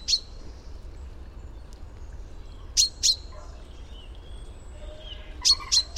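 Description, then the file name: Common chaffinch giving bright, piercing short calls, a single note then two close pairs, spaced a couple of seconds apart against faint low rumble. "Fringilla coelebs"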